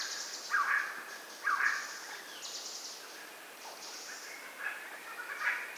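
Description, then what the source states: Red spurfowl calls: a few harsh, grating bursts at irregular intervals, between quieter stretches. Subspecies Galloperdix spadicea spadicea.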